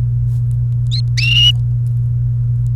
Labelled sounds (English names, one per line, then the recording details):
Domestic Canary song
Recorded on 28 April 2018 at 18:00
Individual llb3